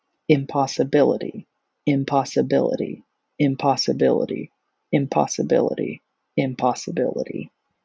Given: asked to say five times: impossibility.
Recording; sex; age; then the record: repeated word; male; 30 to 39 years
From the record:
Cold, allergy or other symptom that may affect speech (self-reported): no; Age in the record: 32 years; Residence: Alabama, United States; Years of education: 17